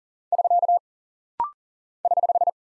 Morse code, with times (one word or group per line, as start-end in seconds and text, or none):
0.3-0.8 <SK>
2.0-2.5 <HH>